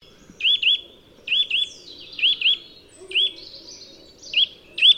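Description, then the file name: Eurasian nuthatch calls: paired rising whistled notes repeated roughly every second, with softer chirps from other birds in the background. "Sitta europaea"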